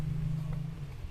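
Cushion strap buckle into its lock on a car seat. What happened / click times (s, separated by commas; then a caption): The buckle is being handled but has not clicked shut yet / none. A wooden bead car seat cushion with lumbar support has its strap buckle handled near its lock on a car seat. A steady low hum runs through the clip with a faint soft rustle around 0.5 seconds, and nothing has seated or clicked yet.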